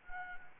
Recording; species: mosquito wingbeat signal from an infrared sensor; Anopheles gambiae